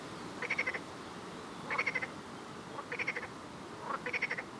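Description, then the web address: Frog calls: brief pulsed rattles repeated about every 1.2 seconds, fainter croaks slipping in before some of them, steady hiss underneath. "Soundscape Frog 1"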